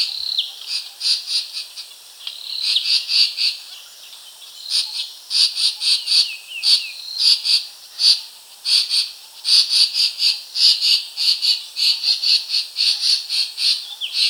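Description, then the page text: Racket-tailed treepie giving a long series of grating, buzzy scolding notes, delivered in irregular clusters with brief gaps, continuing throughout. "Racket-Tailed Treepie Scolding Calls. Quick Sounds library"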